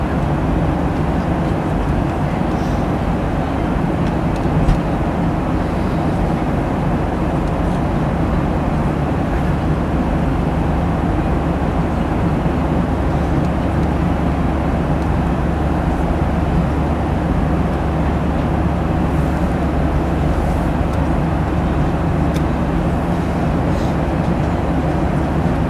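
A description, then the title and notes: Engines hum steadily throughout, a deep, dense drone concentrated in the low range with a constant rumble underneath. The level barely changes over the whole stretch. Faint higher hiss sits above, with a few tiny ticks scattered in the later half. Burbank to San Francisco the Skyward Journey. The hum of the engines.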